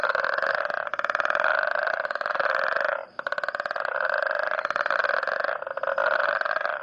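Frog with harsh pulsed croaking in two-to-three-second bouts, separated by short silences, buzzy and rhythmic.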